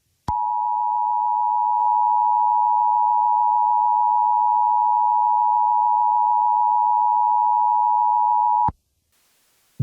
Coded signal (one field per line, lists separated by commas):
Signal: Emergency Alert System (SAME) tones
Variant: 853 and 960 Hz attention tone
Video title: EAS Scenario #9: The Masked Man